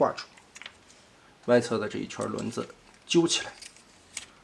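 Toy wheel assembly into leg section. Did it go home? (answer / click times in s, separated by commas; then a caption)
yes / 4.2 s. On a transforming robot toy, the outer ring of wheels is pulled out and rotated down 180 degrees into the leg section while someone talks, with a few faint ticks around 0.6 s. The wheel section snaps into its plastic detent with a sharp click at 4.2 s, seating in place.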